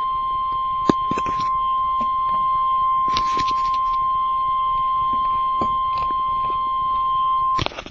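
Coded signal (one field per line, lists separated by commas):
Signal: Emergency Alert System (SAME) tones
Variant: 1050 Hz attention tone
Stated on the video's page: Two back-to-back severe thunderstorm warning SAME alerts for Kentucky and Indiana.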